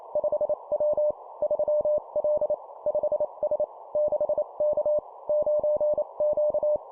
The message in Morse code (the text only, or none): 5W 3L 5S 6K 9Q